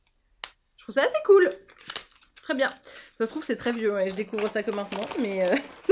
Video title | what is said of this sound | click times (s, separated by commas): J'ouvre les produits reçus cette semaine | il y a pas à tourner il se clipse je | 0.4 s